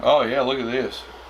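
Someone handles the sliding telescoping handle of a BougeRV dual-zone 37-quart portable refrigerator, about to pull it out with one finger so it locks in its extended position. Someone talks briefly over faint background hum. Nothing has seated or clicked yet.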